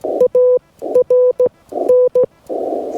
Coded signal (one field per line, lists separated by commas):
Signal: Morse code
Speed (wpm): 14 wpm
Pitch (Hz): 500 Hz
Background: none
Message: ARN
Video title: POTA in the Redwoods: Harder Than You'd Think!